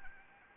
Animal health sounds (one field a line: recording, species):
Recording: mosquito wingbeat signal from an infrared sensor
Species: Anopheles arabiensis